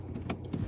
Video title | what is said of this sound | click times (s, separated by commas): Conquer Your Driving Fears 😨 Myles's Expert Advice 👏 | When you hear the click, you're safe. | 0.3 s